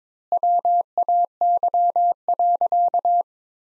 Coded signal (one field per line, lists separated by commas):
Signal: Morse code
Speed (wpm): 22 wpm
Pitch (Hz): 700 Hz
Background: none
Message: WAY.